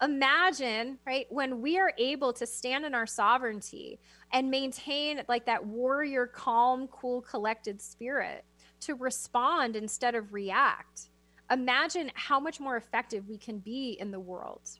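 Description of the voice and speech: A woman speaks fluently in a calm, clear, mid-pitched voice with natural phrasing and brief pauses; ordinary speech.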